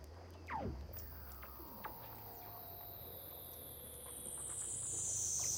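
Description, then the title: Weddell seal underwater sounds: a quick descending chirp and a faint high whistle sweeping across, over a low steady hum. "Douglas Quin - Weddell Seals (Underwater)"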